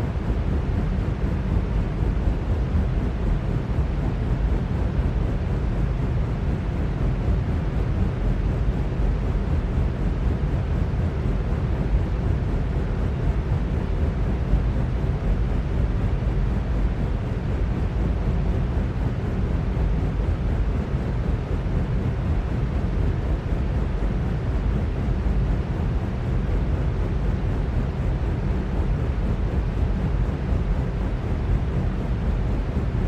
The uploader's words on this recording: Ceiling Fan Noise For Sleeping Or Studying.